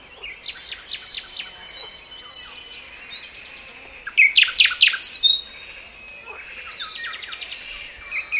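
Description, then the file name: Common nightingale song: quiet clicking notes, then a loud burst of rapid repeated strokes around the middle, followed by softer varied warbling and trills. "Luscinia megarhynchos"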